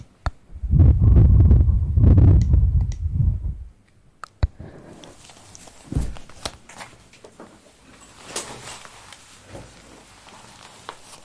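Handling noise on a microphone: for the first few seconds a deep, heavy rumble swells and pumps, then drops away around four seconds. Sharp taps and clicks follow, with a thin hiss and scattered gripping and rubbing sounds filling the rest quietly.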